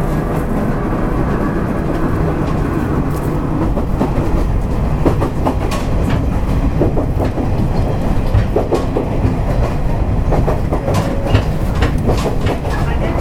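Running sound of a Series 31 diesel railcar on a Wakamatsu Line local train. A steady, dense low rumble holds throughout, with scattered sharp clicks and brief metallic taps from about four seconds onward, mostly concentrated between five and eleven seconds.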